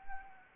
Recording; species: mosquito wingbeat signal from an infrared sensor; Anopheles arabiensis